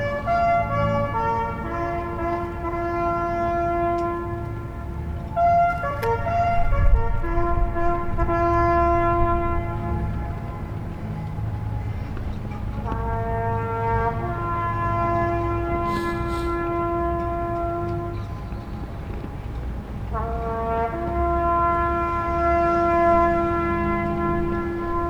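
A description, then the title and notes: On a city street, a steady low rumble of traffic runs beneath a loud, sustained horn-like chord of several tones. The chord repeats in long phrases about every seven seconds, shifting pitch slightly within each, with a brief sharp click near the middle. Elgin Street at the National Arts Centre with Parliament Hill on the left and Chateau Laurier Hotel on the right.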